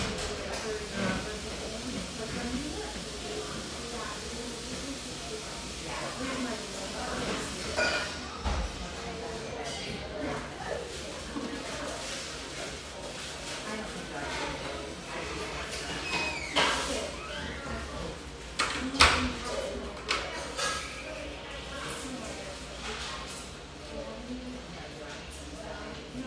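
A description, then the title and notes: A busy café hums with overlapping conversation, a dense, steady murmur of voices filling the room. Occasional clinks and brief sharp clatters stand out, with a louder knock near the nineteen-second mark, over a low, constant background rumble. Enjoy a sleepy start in this humming café, settled near the beach just north of San Diego.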